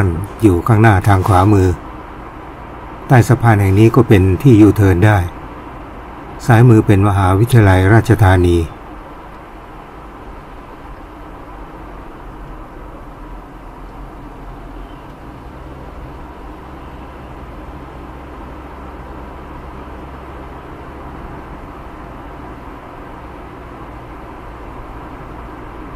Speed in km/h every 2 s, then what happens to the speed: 63, 63, 63, 63, 63, 59, 52, 50, 49, 56, 58, 61, 62.
0-7 steady at about 63. 7-15 slows to 49. 15-26 speeds up to 62.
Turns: none.